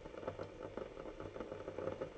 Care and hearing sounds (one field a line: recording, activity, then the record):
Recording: daily activity, microphone in the room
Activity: make coffee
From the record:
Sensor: 4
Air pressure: 1008.2 hPa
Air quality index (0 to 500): 118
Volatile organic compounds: 1 ppm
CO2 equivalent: 863 ppm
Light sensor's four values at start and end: 11/24/10/10 and 11/24/10/10